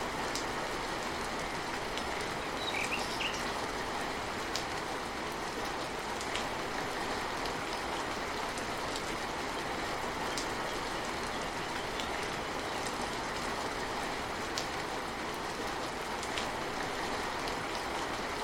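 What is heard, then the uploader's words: Rain falls steadily and densely, a constant hiss that never lets up across the whole stretch. Sharp drips tick through it every second or two. A few faint bird chirps surface briefly near the three-second mark. Tropical Rain Sounds In A Lush Jungle & Happy Birds Chirping. The relaxing raindrops and happy birds chirping.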